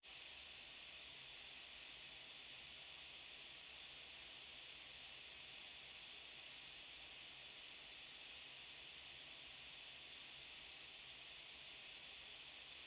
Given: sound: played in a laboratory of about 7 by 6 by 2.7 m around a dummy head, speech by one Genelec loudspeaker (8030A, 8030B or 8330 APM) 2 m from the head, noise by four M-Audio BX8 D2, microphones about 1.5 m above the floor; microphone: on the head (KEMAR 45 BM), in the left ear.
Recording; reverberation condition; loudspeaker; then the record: white noise; low; four, about 170 cm from the corners of the room and facing them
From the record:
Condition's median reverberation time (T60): about 310 ms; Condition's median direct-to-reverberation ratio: about 3.5 dB